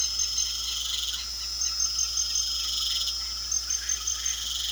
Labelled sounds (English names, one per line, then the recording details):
none
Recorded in pastures near Puerto Asís, Putumayo, Colombia, on 9 March 2025 at 22:00
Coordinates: 0.497, -76.327
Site G072